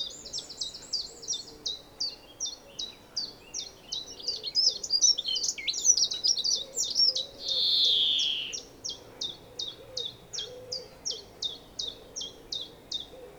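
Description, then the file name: European greenfinch delivering rapid high chirps, quickening into a twittering cluster, then one long descending buzzy wheeze before the even chirping resumes. "Chloris chloris"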